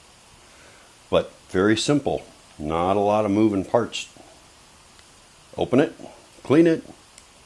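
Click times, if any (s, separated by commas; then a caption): none. Someone talks while handling a Smith and Wesson 686 Plus revolver after cleaning it, about to swing its steel cylinder closed into the frame. Only speech and faint handling sounds are heard; the cylinder has not yet snapped shut and nothing has seated or clicked yet.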